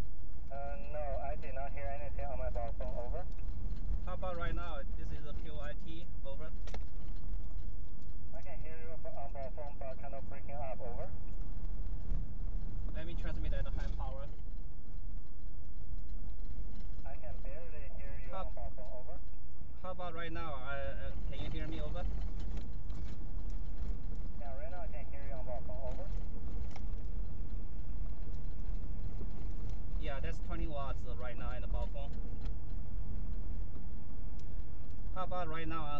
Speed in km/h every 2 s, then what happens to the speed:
32, 35, 37, 40, 44, 45, 40, 34, 31, 31, 32, 31, 31, 32, 34, 35, 35, 37.
0-8 speeds up to 44. 11-15 brakes to 31. 15-25 steady at about 31. 25-36 speeds up to 37.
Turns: none.